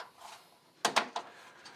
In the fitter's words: As I mentioned earlier, they just snap into place with magnets.